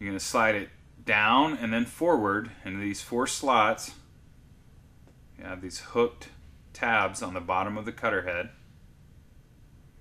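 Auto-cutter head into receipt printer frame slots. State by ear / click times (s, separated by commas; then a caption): not seated / none. A replacement auto-cutter head for a receipt printer is being handled, with its hooked bottom tabs about to be slid down and forward into four slots in the printer frame. Someone talks throughout, with only a faint tap near 5.1 s in a pause. Nothing has seated or locked into place yet.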